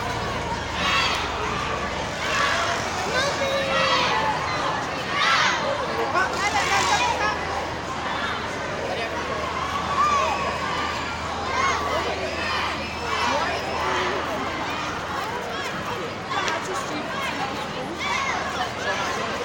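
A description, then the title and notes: Outdoors at a youth climate strike, many voices talk and call out at once in a dense, steady crowd murmur with occasional louder shouts rising above it. A low hum runs underneath for most of the clip, fading slightly near the end. Recording of Youth Strike for Climate Change.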